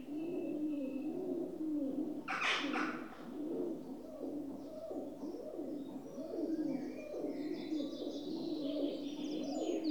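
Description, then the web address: Rock dove coos as a continuous low burbling, overlapping and less distinct, with a brief burst of flapping or rustle and faint bird chirps in the background. "The BBC Sound Effects Library. Rock Dove (Columba Livia) Coos"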